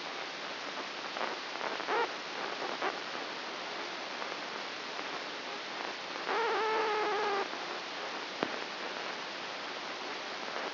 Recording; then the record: brain microelectrode recording played as sound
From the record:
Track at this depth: inside the subthalamic nucleus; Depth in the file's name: 3.602 mm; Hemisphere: right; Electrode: 2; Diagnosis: Parkinson's disease